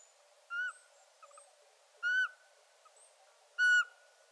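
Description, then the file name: Eurasian pygmy owl giving three clear whistled notes, each short and pure, spaced about one and a half seconds apart, with faint thin high squeaks between them. "Sperlingskauz"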